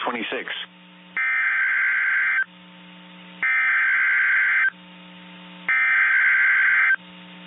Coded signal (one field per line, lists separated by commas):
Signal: Emergency Alert System (SAME) tones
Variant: header bursts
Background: speech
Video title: Severe Thunderstorm Watch | EAS #414